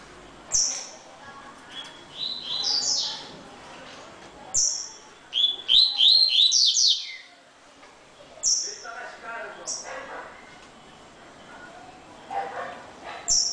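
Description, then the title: Double-collared seedeater song: bright, rapid series of high slurred notes in several bursts, with short sharp whistles between phrases. "Canto Coleiro"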